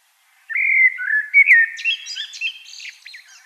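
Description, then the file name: Common blackbird song: a mellow, fluted warble sliding low then higher, finishing in a thin, scratchy twitter. "Turdus merula"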